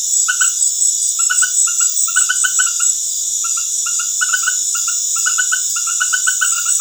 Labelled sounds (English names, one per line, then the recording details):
none
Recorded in dense forest near Puerto Asís, Putumayo, Colombia, on 21 February 2024 at 19:00
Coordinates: 0.505, -76.324
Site G6467